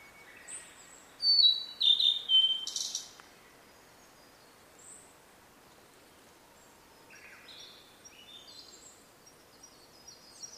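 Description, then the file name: Blue-and-white flycatcher singing a quick run of high, falling whistled notes ending in a harsh buzz, followed by a long gap and faint scattered high notes. "oruri"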